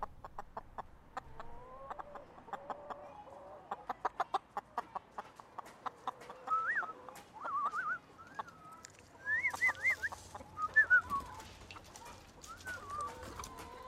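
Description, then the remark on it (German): A group of chickens clucks in quick, sharp bursts, then breaks into rising, warbling calls and squawks that overlap, moderately loud throughout with no talking. “zeigt mir seine Hühner”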